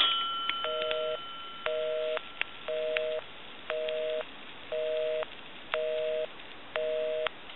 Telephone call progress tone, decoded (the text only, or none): busy tone